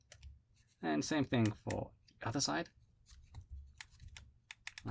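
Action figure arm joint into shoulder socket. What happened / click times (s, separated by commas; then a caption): A small plastic joint snapped into its socket / 4.5 s, 4.7 s. Someone talks while the plastic forearm-and-bicep joint peg of the second arm of an S.H.Figuarts Piccolo 'The Proud Namekian' (2.0) action figure (Dragon Ball Z, 2020) is pushed snugly into the shoulder socket. Faint handling clicks are followed by sharp clicks at 4.5 s and 4.7 s as the arm joint clicks into place, and the arm is on.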